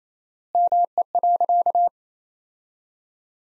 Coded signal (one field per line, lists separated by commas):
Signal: Morse code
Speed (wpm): 28 wpm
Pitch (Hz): 700 Hz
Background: none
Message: ME.